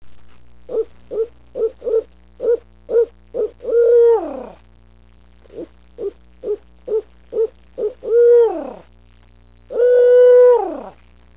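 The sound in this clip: Owl hooting: a series of short rhythmic hoots leading into longer, drawn-out hoots, given twice, with a low steady hum behind.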